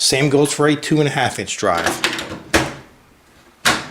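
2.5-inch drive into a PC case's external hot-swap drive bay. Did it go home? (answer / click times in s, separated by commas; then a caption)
yes / 2.6 s. A 2.5-inch drive is pushed down into the top external hot-swap drive bay of a Thermaltake Overseer RX-I PC case. It goes in the same way a 3.5-inch drive does. Someone talks first, and then a sharp snap at 2.5 seconds shows the drive seating in the bay, with another similar hit near the end.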